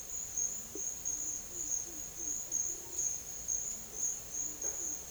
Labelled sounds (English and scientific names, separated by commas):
none